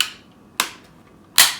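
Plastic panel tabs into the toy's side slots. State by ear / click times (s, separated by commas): seated / 0.0 s, 0.6 s, 1.4 s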